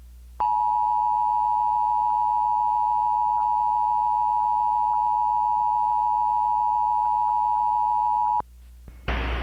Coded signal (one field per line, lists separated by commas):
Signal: Emergency Alert System (SAME) tones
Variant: 853 and 960 Hz attention tone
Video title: [EAS MOCK CHALLENGE] beer